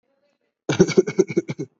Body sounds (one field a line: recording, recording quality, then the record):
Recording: shallow voluntary cough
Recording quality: excellent, no background noise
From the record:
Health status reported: COVID-19 positive, mild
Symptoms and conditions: none ticked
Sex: female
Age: 24 years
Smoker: not ticked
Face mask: not worn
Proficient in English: yes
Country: India